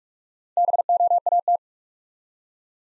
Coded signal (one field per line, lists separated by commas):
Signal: Morse code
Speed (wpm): 46 wpm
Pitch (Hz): 700 Hz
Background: none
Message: BOAT